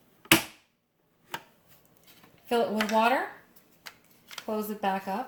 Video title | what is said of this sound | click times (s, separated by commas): Keurig 2.0 K575 Plus Series Unbox and Review | And what you're going to do is take this whole thing and push it down until you hear a click. | 0.3 s